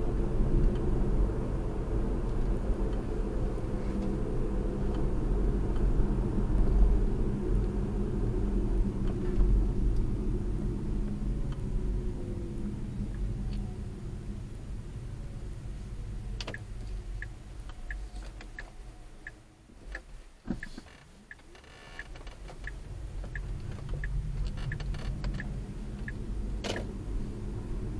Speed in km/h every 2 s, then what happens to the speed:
55, 53, 48, 45, 37, 29, 21, 15, 8, 0, 0, 8, 15, 26.
0-18 slows to 0. 18-21 standing. 21-28 pulls away to 26.